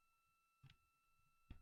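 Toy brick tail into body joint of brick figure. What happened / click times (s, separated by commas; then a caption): The plastic tail clicked onto its joint / 0.7 s. The plastic brick tail of a toy Eevee figure is pressed onto its body joint, giving a faint click at 0.7 s as it seats. A low bump follows around 1.5 s over a steady faint hum.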